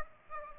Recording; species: mosquito wingbeat signal from an infrared sensor; Aedes aegypti